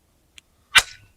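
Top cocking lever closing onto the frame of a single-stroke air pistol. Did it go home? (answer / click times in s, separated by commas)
yes / 0.4 s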